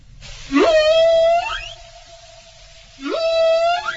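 Whale song: two long, moaning calls that swoop upward and then hold a steady, harmonic-rich tone, joined by a fainter lingering hum, with no one speaking.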